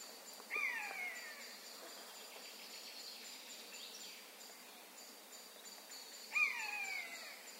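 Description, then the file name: Eurasian jay giving two falling mewing calls about six seconds apart over a faint high background. "Garrulus glandarius"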